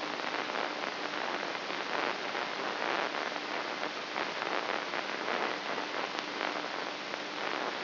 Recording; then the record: brain microelectrode recording played as sound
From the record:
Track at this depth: outside the subthalamic nucleus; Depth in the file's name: 1.738 mm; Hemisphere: left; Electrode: 3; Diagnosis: Parkinson's disease